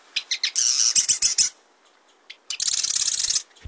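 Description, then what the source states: Marsh Wren song: a few clicking notes leading into a dry, rapid, grating trill, a pause, then a second high buzzy rattle. Song likened to the grating of a rusty hinge and to air bubbles forcing their way through mud.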